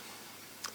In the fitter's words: push it up until it clicks under here.